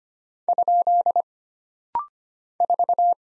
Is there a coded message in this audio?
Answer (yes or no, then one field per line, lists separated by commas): yes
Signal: Morse code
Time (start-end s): 0.5-3.1 s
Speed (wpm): 25 wpm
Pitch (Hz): 700 Hz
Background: none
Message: ? 4